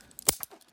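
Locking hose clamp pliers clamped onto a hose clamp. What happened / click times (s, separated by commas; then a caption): The locking pliers snapped shut on the clamp / 0.3 s. Locking hose clamp pliers, which lock like vise grips, are clamped onto a hose clamp and lock in place. A series of sharp metallic clicks is heard, with the loudest click at 0.3 s marking the lock.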